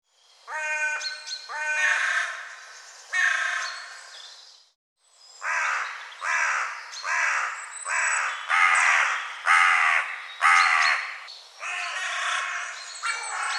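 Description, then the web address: Bird giving harsh, hoarse cawing calls in uneven bursts of several notes, roughly one per second, with a short silent break midway. "cianscape birddata Deverinetal 2025 File cleaned normalized Bird"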